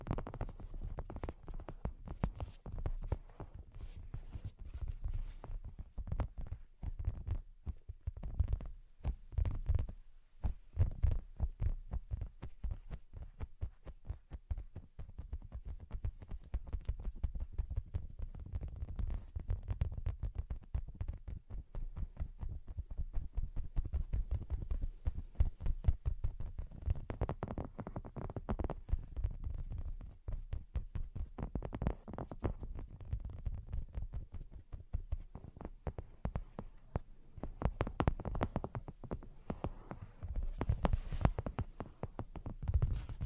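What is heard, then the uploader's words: Brain-penetrating 3D tapping plays as dense, rapid taps for the whole stretch, each one a sharp click over a low thumping body. The pace stays busy with brief gaps near five and ten seconds, and a deep, throbbing undertone runs beneath it throughout. Brain Penetrating 3D Tapping.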